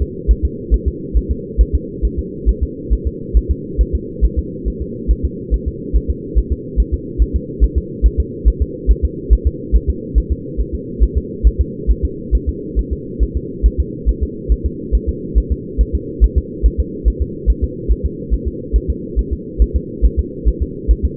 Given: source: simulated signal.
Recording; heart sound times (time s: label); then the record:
fetal heart sounds
0.02 s: S2
0.31 s: S1
0.45 s: S2
0.74 s: S1
0.88 s: S2
1.17 s: S1
1.31 s: S2
1.61 s: S1
1.75 s: S2
2.05 s: S1
2.19 s: S2
2.49 s: S1
2.63 s: S2
2.93 s: S1
3.07 s: S2
3.37 s: S1
3.51 s: S2
3.81 s: S1
3.95 s: S2
4.25 s: S1
4.39 s: S2
4.68 s: S1
4.82 s: S2
5.11 s: S1
5.25 s: S2
5.54 s: S1
5.68 s: S2
5.96 s: S1
6.10 s: S2
6.38 s: S1
6.52 s: S2
6.80 s: S1
6.94 s: S2
7.22 s: S1
7.36 s: S2
7.64 s: S1
7.78 s: S2
8.06 s: S1
8.20 s: S2
8.48 s: S1
8.62 s: S2
8.91 s: S1
9.05 s: S2
9.33 s: S1
9.47 s: S2
9.76 s: S1
9.90 s: S2
10.18 s: S1
10.32 s: S2
10.61 s: S1
10.75 s: S2
11.03 s: S1
11.17 s: S2
11.47 s: S1
11.61 s: S2
11.91 s: S1
12.05 s: S2
12.35 s: S1
12.49 s: S2
12.79 s: S1
12.93 s: S2
13.23 s: S1
13.37 s: S2
13.66 s: S1
13.80 s: S2
14.09 s: S1
14.23 s: S2
14.52 s: S1
14.66 s: S2
14.95 s: S1
15.09 s: S2
15.38 s: S1
15.52 s: S2
15.81 s: S1
15.95 s: S2
16.24 s: S1
16.38 s: S2
16.66 s: S1
16.80 s: S2
17.08 s: S1
17.22 s: S2
17.50 s: S1
17.64 s: S2
17.92 s: S1
18.05 s: S2
18.34 s: S1
18.48 s: S2
18.76 s: S1
18.90 s: S2
19.19 s: S1
19.33 s: S2
19.62 s: S1
19.76 s: S2
20.05 s: S1
20.19 s: S2
20.48 s: S1
20.62 s: S2
20.91 s: S1
21.05 s: S2
From the record:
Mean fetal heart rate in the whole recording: 140 bpm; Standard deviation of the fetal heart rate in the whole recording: 2 bpm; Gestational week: 34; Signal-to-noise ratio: -4.1 dB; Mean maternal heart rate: no maternal heart sound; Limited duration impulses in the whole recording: absent